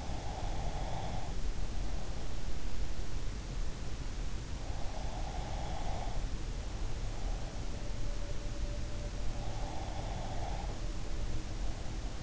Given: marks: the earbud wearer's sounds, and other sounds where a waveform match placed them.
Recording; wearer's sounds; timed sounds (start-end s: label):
sounds in sleep by an in-ear microphone; breath
0.00-2.62 s: breath
4.62-7.55 s: breath
9.35-12.22 s: breath